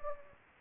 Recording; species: mosquito wingbeat signal from an infrared sensor; Anopheles gambiae